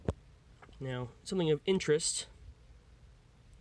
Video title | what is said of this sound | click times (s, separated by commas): Can we upgrade this iMac G3's VRAM beyond 6MB? | then push it down until it clicks and that's it | 0.1 s